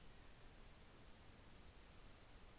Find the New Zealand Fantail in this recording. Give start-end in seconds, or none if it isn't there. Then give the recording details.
none. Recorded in New Zealand on 24 December 2018. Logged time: 17:00